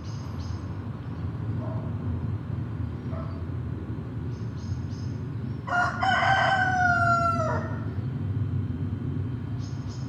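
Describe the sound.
Chicken: rooster crowing, one long cock-a-doodle-doo midway, with brief faint calls before and after and a constant low traffic rumble.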